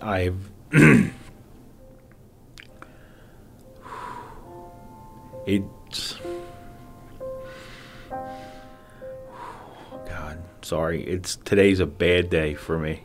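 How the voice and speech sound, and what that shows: A low-pitched adult male voice stalls on a drawn-out "it's," falls silent for over three seconds, says "God, sorry," then restarts: "it's today's a bad day for me." The effortful pauses, false start and restart fit word-finding difficulty from aphasia after a stroke, a blood clot in the brain, a year and a half earlier. He knows what he wants to say but cannot get it out clearly or quickly.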